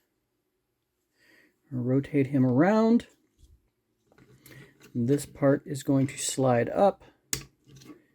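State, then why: Seated. Someone talks while converting a Transformers Legacy United Deluxe Class Quake toy, rotating it and sliding a plastic panel up into the robot's body, with faint handling ticks around 4.1–4.5 s. At 7.3 s a sharp, loud click sounds as the panel seats in place.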